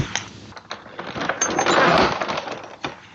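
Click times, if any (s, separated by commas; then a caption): none. The plastic ink cartridge access door of an HP Envy 6000e or 6400e inkjet printer is lifted so it can lock in place in the open position. A sharp tap at about 0.2 s leads into scraping and rattling plastic handling, which swells with several hits around 1.3–1.6 s before fading, with one more knock near 2.8 s. The door is still being handled, and nothing has locked or clicked into place yet.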